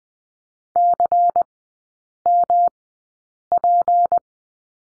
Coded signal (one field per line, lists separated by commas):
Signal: Morse code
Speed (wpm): 20 wpm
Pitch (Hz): 700 Hz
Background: none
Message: CMP